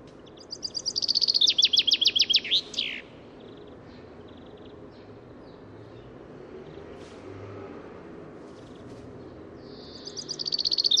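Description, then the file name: Common chaffinch singing one full phrase, a rapid high trill breaking into louder falling notes with a terminal flourish, then quiet background before the next phrase begins near the end. "Fringilla coelebs"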